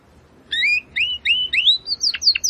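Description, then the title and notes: Domestic canary notes: a short series of rising whistled slurs followed by quick downward-swooping chips, brief but clear. Belgian canary singing; labelled 'Campainha'. "Canário Belga Campainha Canary Singing. Canario Belga Cantando"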